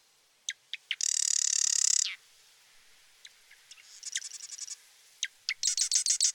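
Marsh wren song: scattered ticks lead into a loud, fast buzzy rattle, then a quieter chattering series and another rapid rattling trill at the end.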